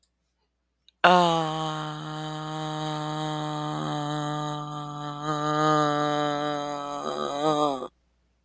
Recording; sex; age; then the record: vowel held as long as possible; female; 40 to 49 years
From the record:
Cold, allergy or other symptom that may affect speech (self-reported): no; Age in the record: 42 years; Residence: Tennessee, United States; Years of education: 12